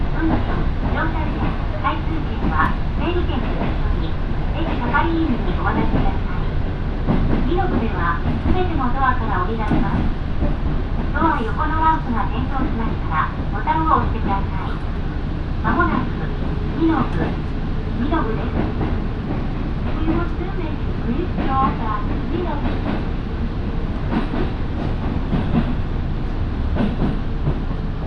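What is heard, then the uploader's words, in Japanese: A local train on the Minobu Line runs from Shibakawa toward Minobu, its low, steady rumble holding at an even level for the whole stretch. Voices talk almost continuously over the running noise, and the top end stays dull and muffled. 身延線普通 芝川→身延。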